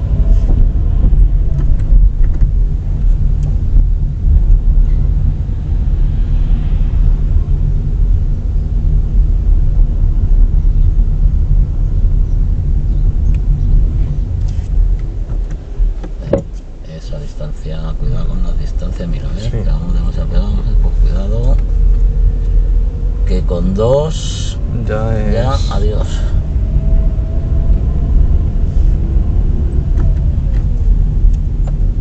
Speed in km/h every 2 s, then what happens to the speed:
18, 18, 17, 15, 16, 17, 14, 4, 3, 8, 11, 13, 15, 18, 18, 18.
0-11 steady at about 17. 11-15 brakes to 3. 15-27 speeds up to 18.